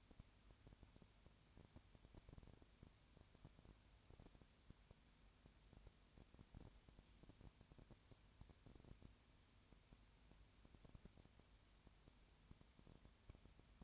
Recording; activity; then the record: daily activity, microphone in the room; no activity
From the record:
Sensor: 2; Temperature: 20.4 degrees Celsius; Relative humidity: 35.5%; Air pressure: 1007.1 hPa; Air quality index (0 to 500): 122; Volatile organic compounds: 2 ppm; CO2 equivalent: 1253 ppm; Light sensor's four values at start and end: 2/3/2/2 and 2/3/2/2